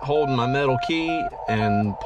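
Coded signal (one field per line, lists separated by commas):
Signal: Morse code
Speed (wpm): 18 wpm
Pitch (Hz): 700 Hz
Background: speech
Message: OTA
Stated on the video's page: CW Parks on the Air activation on 17m from a Jeep, using a Yaesu FT-891 and ATAS-120A antenna on battery power.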